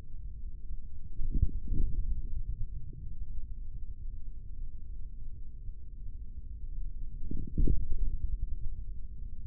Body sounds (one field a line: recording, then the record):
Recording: forearm muscle sounds (acoustic myography)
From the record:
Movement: forearm pronation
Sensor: system 3, bracelet of six PUI Audio POM-2738L microphones around the upper forearm, with dedicated amplification and filtering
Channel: 1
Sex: male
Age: 55 years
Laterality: right